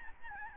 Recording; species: mosquito wingbeat signal from an infrared sensor; Aedes albopictus